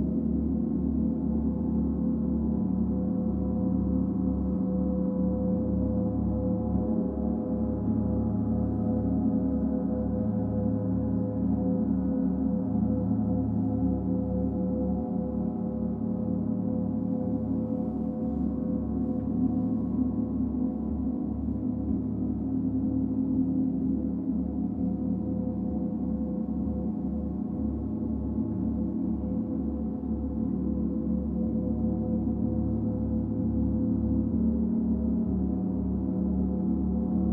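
A planetary gong sounds in a continuous, dense wash, its low tones swelling and pulsing steadily throughout. Many sustained overtones layer above a deep, throbbing base, shifting slowly without distinct strikes, and nothing bright rises above the mellow upper range.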